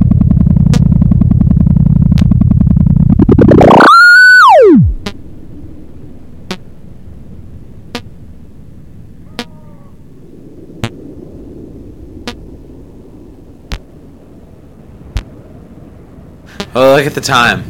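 A mix of environmental sounds with hard blips. It opens on a loud, low rumbling roar that ends around four seconds with a sharp rising-and-falling sweep, then a quieter hiss carries regular clicking blips about every one and a half seconds, closing with a brief burst.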